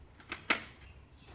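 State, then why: Seated. A flip-down visor or sun shade on a Scorpion EXO 900 modular motorcycle helmet shell is moved and closes with a sharp click at 0.3 s, seating firmly in place. A softer tick comes just before it, and a louder broadband snap follows at about 0.5 s.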